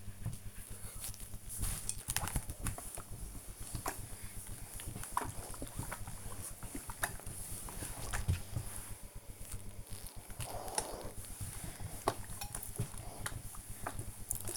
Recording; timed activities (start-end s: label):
household activities, microphone on the right wrist
0.00-14.57 s: ironing laundry